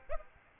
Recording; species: mosquito wingbeat signal from an infrared sensor; Aedes aegypti